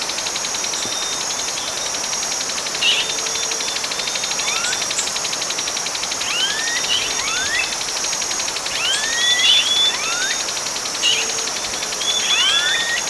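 Bird calls of quick upward whistled sweeps, sometimes in small clusters, over a steady, shrill background drone that continues throughout.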